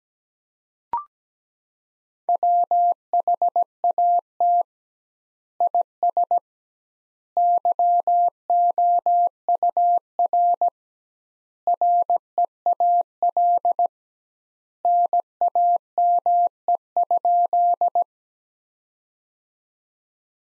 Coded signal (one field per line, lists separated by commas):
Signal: Morse code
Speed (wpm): 17 wpm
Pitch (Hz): 700 Hz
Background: none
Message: WHAT IS YOUR REAL NAME?